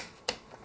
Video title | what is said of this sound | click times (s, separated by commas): RAM Overclock: Patriot Viper Steel 4400 CL19 2x8GB Review with ASUS Crosshair VII Hero Ryzen 7 2700x | just go ahead and give them two clicks there | 0.3 s